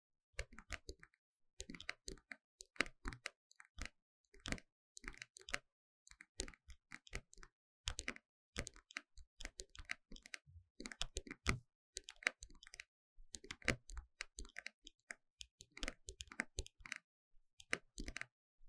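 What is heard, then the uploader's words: Dry tapping comes in quick irregular bursts, each a cluster of sharp clicks that reach from low thumps up to bright ticks. Short silent gaps break up the runs every second or two, and the rhythm is uneven, like fingertips rattling on a hard surface. Tapping.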